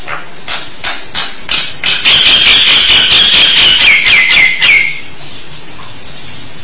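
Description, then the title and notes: Starling with sharp tapping clicks that speed into a rapid series of notes, the last few with falling whistled tails, then a brief pause and one thin note. "suara burung jalak"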